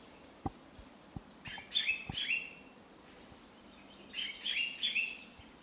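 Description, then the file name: Common chaffinch calling with two quick groups of bright chirped notes, preceded by a few soft low knocks against a faint steady hiss. "Fringilla coelebs"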